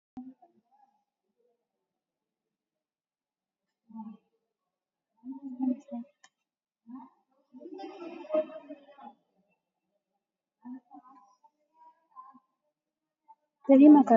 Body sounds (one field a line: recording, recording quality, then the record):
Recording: deep breathing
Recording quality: poor, much background noise or distortion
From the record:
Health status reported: COVID-19 positive, moderate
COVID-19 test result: positive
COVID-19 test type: RT-PCR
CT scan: not taken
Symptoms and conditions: cough, cold, sore throat, fever, muscle pain, loss of smell and taste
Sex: female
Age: 21 years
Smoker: no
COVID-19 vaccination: none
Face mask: worn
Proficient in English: yes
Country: India